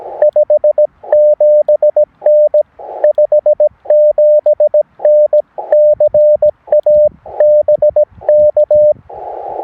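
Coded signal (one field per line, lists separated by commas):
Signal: Morse code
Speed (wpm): 17 wpm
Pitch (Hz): 600 Hz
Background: radio noise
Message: 57N 57N CA BK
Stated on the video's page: 17 wpm CW POTA activation on 40, 20, 15 and 10 m, using a Xiegu G90, a CWMorse SP4 and an EFHW inverted vee antenna.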